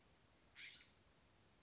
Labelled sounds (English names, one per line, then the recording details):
California Scrub-Jay
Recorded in Sonoma County, California